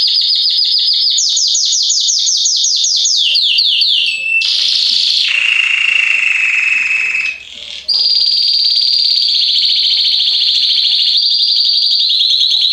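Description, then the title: Belgian canary song: bright rapid trills stepping down in pitch, then a harsh buzzy rattle, followed by a long steady high trill, loud throughout. Male Belgian canary singing a lot, in full form; played to warm up young canaries within 30 minutes. "Esquente Seu Filhote E Canario Belga Em 30 Minutos Macho Cantando Muito. Esquente seu canrio belga em 30 minutos - Canrio Belga estourado"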